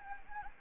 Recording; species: mosquito wingbeat signal from an infrared sensor; Anopheles gambiae